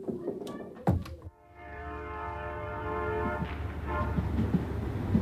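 Two or three heavy thunks, then a train rumbles along the rails with a steady low roar and a sustained, multi-toned whine or horn-like tone above it, growing gradually louder.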